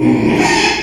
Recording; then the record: squeal of a Yucatan mini pig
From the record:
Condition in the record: after surgery on the right vocal fold (resection and tissue-engineered implant); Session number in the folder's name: 2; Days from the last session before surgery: 13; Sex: male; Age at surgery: 12 weeks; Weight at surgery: 13 kg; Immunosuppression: cyclosporine, prednisolone